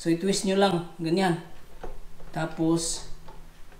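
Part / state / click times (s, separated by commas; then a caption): mixing bowl into stand mixer base plate / seated / 1.8 s. A mixing bowl for a KitchenAid Artisan 4.8 stand mixer is set on the base plate and twisted into place while someone talks. A faint click at 1.8 s marks the bowl locking into position.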